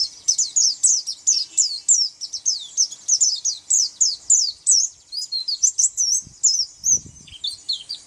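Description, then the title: White-eye song, rapid high twittering notes in a steady stream that grows slightly sparser toward the end. "Pleci"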